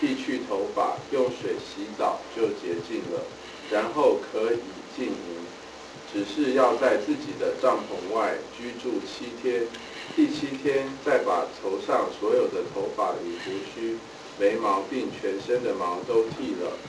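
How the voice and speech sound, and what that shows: A man reads a Mandarin scripture passage aloud in a clear, fluent, ordinary voice with brief phrase pauses.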